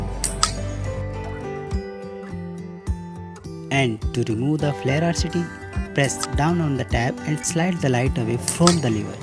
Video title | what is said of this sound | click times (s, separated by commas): Cycle Accessories, MTB Accessories, Helmet, Front Light,Taillight, Multi Tool, Cycle Stand, XC Bike | slide the flare RCT onto the bracket until it clicks. | 0.2 s, 0.4 s